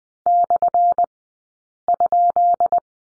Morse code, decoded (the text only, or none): /?